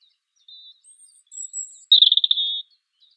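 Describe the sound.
European robin song with a few thin, drawn-out high whistles followed by a quick rattling trill that runs into a steady note.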